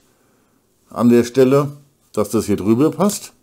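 A hinged trap part with spikes is being handled over the plastic brick ramp of a Qman W1935 Mine City set, lined up to fold down into the cut-out of the trigger piece. Someone talks throughout, with a brief pause near 2 seconds. Nothing has seated or clicked yet.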